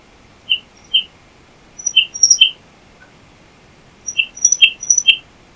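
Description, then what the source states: Titmouse calls, short sharp chips given singly and then in quick clusters mixed with thin high notes, in a quiet background. During an attack.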